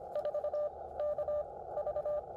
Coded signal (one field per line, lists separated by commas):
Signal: Morse code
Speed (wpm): 22 wpm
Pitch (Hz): 600 Hz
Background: none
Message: 4 KV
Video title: Afternoon Morse Code POTA activation 1/15/25